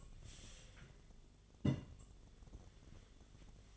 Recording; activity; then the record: daily activity, microphone in the room; take from stove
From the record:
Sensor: 4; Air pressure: 1010.9 hPa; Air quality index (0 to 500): 167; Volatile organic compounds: 4 ppm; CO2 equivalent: 1698 ppm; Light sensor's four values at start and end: 40/113/45/47 and 40/114/46/47